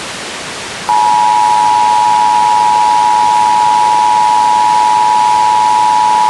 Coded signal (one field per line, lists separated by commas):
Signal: Emergency Alert System (SAME) tones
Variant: 853 and 960 Hz attention tone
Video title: [REUPLOAD] 1960s EAS Alert Scnario